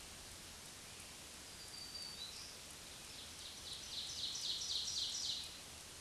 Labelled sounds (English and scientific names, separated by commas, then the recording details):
Black-throated Green Warbler (Setophaga virens) song
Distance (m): 40 m
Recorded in a Pennsylvania forest on 1 June 2023 at 06:09
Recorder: AudioMoth, point grid3_27_low
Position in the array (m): 156 m, 57 m